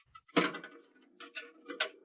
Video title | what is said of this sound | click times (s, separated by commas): Dell System Unit Maintenance | As you put the plate into place, give it a push in each corner and along the edges until you hear it snap into place. | 0.4 s, 1.8 s